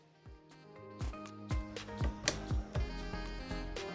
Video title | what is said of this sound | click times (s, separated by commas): Cricut Maker Perforation Tool Projects: Cricut Vacation Project | so we'll get this loaded in and you'll listen for a click and | 2.3 s